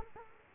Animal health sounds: mosquito wingbeat signal from an infrared sensor; Culex quinquefasciatus

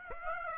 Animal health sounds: mosquito wingbeat signal from an infrared sensor; Aedes aegypti

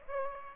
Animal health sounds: mosquito wingbeat signal from an infrared sensor; Aedes aegypti

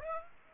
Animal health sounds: mosquito wingbeat signal from an infrared sensor; Aedes aegypti

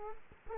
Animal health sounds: mosquito wingbeat signal from an infrared sensor; Culex quinquefasciatus

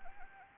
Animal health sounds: mosquito wingbeat signal from an infrared sensor; Anopheles arabiensis

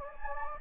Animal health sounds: mosquito wingbeat signal from an infrared sensor; Anopheles gambiae

